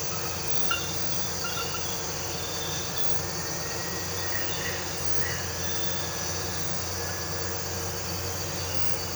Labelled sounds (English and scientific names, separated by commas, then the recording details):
none
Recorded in pastures near Puerto Asís, Putumayo, Colombia, on 12 March 2025 at 23:30
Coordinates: 0.466, -76.322
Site CSA-02